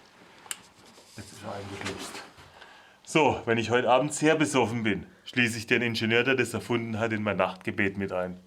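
On a BMW 1 Series E87, the plastic connector of the rear brake pad wear sensor, which fits only one way, is plugged into its wiring socket. A single short sharp tick at 0.5 s marks it seating. Someone talks over most of the clip.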